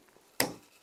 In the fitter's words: Oh, there's the click.